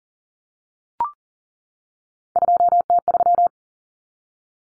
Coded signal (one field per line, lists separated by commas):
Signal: Morse code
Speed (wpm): 40 wpm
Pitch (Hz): 700 Hz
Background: none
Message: 2T3